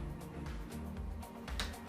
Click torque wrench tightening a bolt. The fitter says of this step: So you can see there that the wrench clicked out.